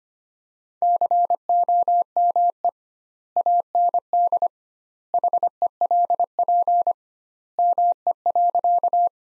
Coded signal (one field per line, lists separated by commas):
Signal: Morse code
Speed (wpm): 25 wpm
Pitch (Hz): 700 Hz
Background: none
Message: COME AND HELP ME.